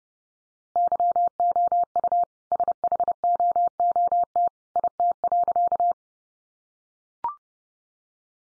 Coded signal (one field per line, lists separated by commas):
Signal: Morse code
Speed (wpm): 30 wpm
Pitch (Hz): 700 Hz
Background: none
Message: YOU SHOOT IT.